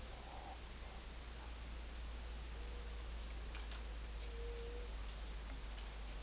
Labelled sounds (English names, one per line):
none